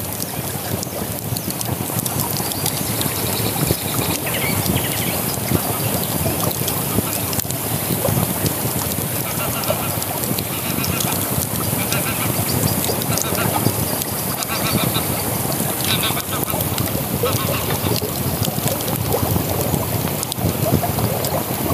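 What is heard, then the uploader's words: A campfire by the river, with flowing water making a steady, dense rush throughout. Small crackles and pops from the fire come through irregularly, while brief bird chirps and occasional duck-like calls rise above the water now and then. Lagerfeuer an der Isar. Es ist das Feuer, Wasser, Vögelgezwitscher und Enten zu hören.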